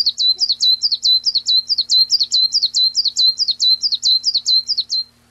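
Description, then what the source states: Common chiffchaff song, a long evenly spaced series of two-toned chiff-chaff notes lasting about five seconds before stopping. Recorded 15 June 1993.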